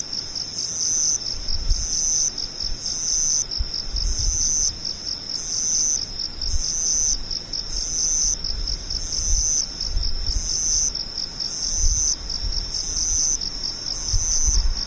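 Insects shrill steadily in a high, dense band that pulses in regular bursts, over soft low rumbles swelling now and then.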